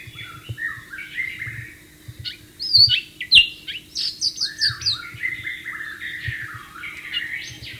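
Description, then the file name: White-rumped shama song of mixed whistles and chattering notes, louder sharp notes in the middle followed by a rapid varied sequence over a faint hum. Wild bird. "suara burung murai batu di alam liar"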